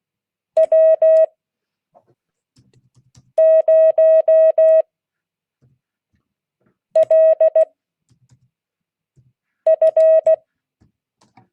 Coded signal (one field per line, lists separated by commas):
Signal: Morse code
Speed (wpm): 16 wpm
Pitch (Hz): 640 Hz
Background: none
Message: W0LF